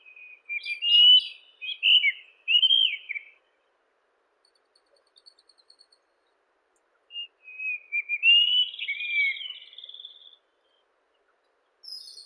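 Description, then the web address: White-throated rock thrush singing two whistled phrases several seconds apart, each a run of sweet slurred and rising notes, with faint chirps between. "Monticola gularis song. birds of the ussr"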